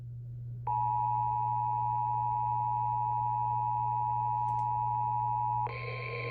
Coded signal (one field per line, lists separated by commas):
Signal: Emergency Alert System (SAME) tones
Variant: 853 and 960 Hz attention tone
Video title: EAS 1155-1157: Weekly Tests from 10/28/2020